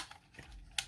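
Plastic tabs on the leg section of a transforming robot toy are unpegged by hand, coming out much more easily this time. After a faint tick near 0.1 s, a sharp, bright plastic pop at 0.8 s marks the tabs releasing.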